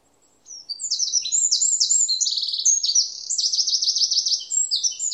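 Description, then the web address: Bird singing a fast, high, buzzy stream of chirps and trills, including a rapid zigzag trill, continuing almost without pause. "cianscape birddata Deverinetal 2025"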